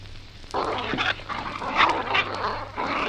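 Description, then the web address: Dog fight: a quieter start, then a continuous burst of rough snarling and growling. Dog fight between dogs of unknown breed. "Sound Effects-BBC Dog"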